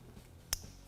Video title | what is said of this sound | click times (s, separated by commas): 2019+ RAM Heavy Duty - Factory OEM Passive Entry Upgrade Installation - Infotainment.com | and they'll click into place | 0.5 s